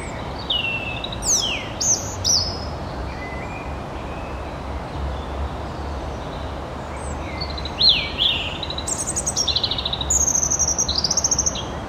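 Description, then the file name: European robin song of high, slurred whistles and sweeping notes in repeated phrases, ending with a rapid, high trill. "Erithacus rubecula"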